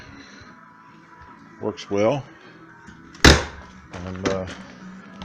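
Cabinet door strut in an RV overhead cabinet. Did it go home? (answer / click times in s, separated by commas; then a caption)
no / none. An RV overhead cabinet door is handled on its rearranged strut while someone talks, with a loud sharp knock around 3.3 s and brief knocks near 5.2 to 5.3 s. The strut has not yet locked the door open in place; nothing has seated or clicked yet.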